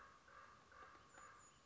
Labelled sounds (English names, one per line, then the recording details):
Common Raven
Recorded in Sonoma County, California